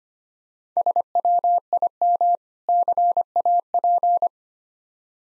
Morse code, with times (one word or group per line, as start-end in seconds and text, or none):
0.8-2.4 SWIM
2.7-4.3 CAP